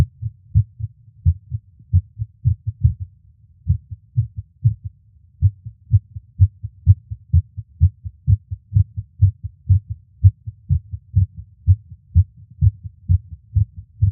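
A steady run of deep, muffled thumps, each beat a paired lub-dub, repeats at a fairly quick, even pace for about fourteen seconds. It is a plain heartbeat with no other sounds around it.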